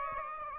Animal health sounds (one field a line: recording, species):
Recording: mosquito wingbeat signal from an infrared sensor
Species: Aedes aegypti